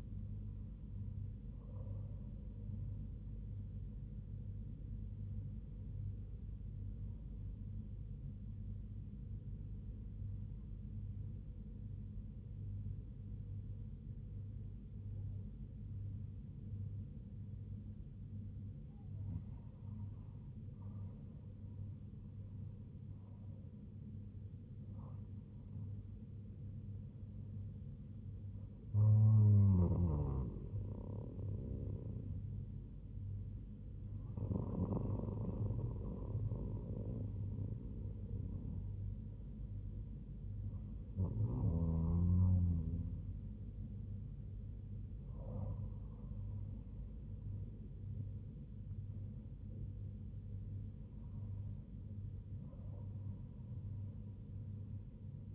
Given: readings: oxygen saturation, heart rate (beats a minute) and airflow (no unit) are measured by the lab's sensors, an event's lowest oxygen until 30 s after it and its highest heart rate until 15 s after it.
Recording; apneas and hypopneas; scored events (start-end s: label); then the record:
breathing in sleep by a smartphone at the bedside; 1
1.00-31.00 s: new sleep stage, N2 (light sleep)
5.00-21.30 s: hypopnea (N2, oxygen 98% highest, then 97% lowest, heart rate 77 at the start, 83 highest)
31.00-55.55 s: new sleep stage, N1 (lightest sleep)
From the record:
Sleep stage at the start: N1 (lightest sleep); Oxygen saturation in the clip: 97 to 98%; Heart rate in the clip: 75 to 84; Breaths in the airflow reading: 12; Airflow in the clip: -4.5 to 5.1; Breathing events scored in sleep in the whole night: 158 in 7.3 hours asleep